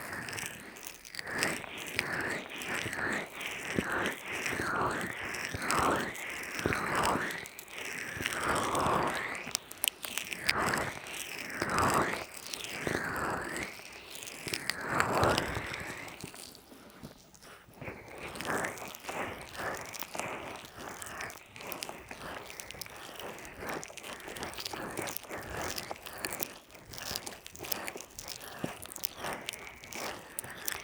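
Wet, slick rubbing of oil and lotion on an ear, with no talking. For the first fifteen seconds the strokes come in a steady rhythm, each a rising and falling swish about once a second. After a short near-silent pause, denser, crackly, sticky peeling and rubbing sounds follow.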